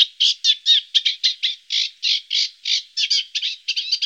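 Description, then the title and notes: Eurasian reed warbler song: harsh, rhythmic chattering notes, some repeated two or three times, delivered without pause. Songbird from Germany, Austria, Switzerland. "Sounds of birds from Germany, Austria, Switzerland"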